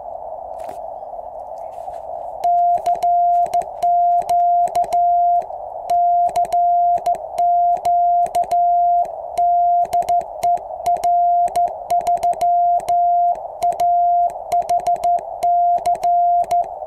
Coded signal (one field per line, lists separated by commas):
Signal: Morse code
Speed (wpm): 14 wpm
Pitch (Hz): 700 Hz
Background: none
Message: CQ CQ DE R3AHC